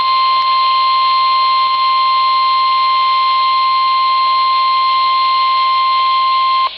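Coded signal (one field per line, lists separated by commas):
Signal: Emergency Alert System (SAME) tones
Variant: 1050 Hz attention tone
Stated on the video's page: Severe Thunderstorm Warning from NOAA Weather Radio station KEC83 Baltimore on 162.400 MHz.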